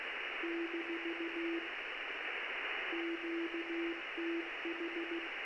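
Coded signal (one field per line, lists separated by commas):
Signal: Morse code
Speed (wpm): 15 wpm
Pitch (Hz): 340 Hz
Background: radio noise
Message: - QTH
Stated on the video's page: Amateur CW Morse heard live through the Es'hail-2 satellite via a WebSDR in Cornwall.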